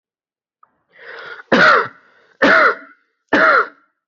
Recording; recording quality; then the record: heavy voluntary cough; excellent, no background noise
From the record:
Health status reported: healthy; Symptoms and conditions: none ticked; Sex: male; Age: 28 years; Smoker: not ticked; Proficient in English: yes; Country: India